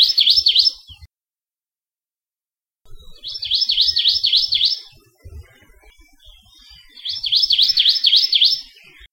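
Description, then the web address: Hawaii amakihi singing three fast, high trilled bursts of rapidly repeated sweeping notes, separated by pauses of about two seconds, with faint low rumbles beneath. Recorded along Saddle Road, Hawaii, on 9 December 2006. "Saddle Road Birding Songfiles amakihi 12092006"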